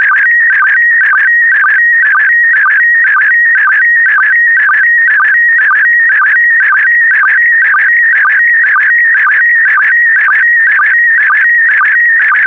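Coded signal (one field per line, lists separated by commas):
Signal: SSTV (slow-scan television)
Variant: PD120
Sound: continuous warbling tone shifting pitch, with a short low chirp about twice a second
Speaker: complete. You can now check your decoded image against the picture that is shown on the video.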